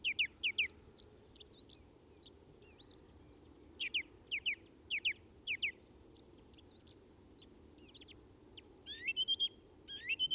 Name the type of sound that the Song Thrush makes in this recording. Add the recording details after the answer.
song. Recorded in the wild. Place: Garmisch-Partenkirchen, Bayern, DE. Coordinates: 47.5022, 11.0817. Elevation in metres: 847. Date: 1969-04-10. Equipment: Original Vollspur. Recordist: Tretzel, Erwin